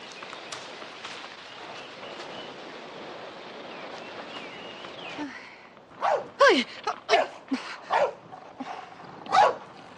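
A dog lets out a burst of sharp, loud barks, six or seven in an uneven run, after several seconds of steady rushing background noise.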